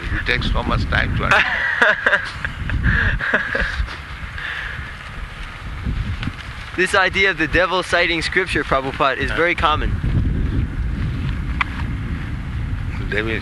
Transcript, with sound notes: He takes so much time to answer. [laughter]
This idea of "The devil citing scripture," Prabhupāda, is very common.
Devils.